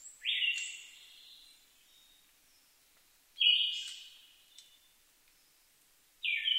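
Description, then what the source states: Siberian thrush song: short, slightly buzzy whistled phrases, each fading out, repeated about every three seconds, with faint high thin notes between them. Recorded 2 July 2011 at 05:51.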